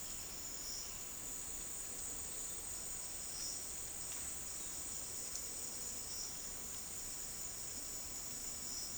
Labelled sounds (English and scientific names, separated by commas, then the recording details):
none
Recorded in dense forest near Puerto Asís, Putumayo, Colombia, on 13 March 2025 at 15:00
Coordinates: 0.499, -76.324
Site GP03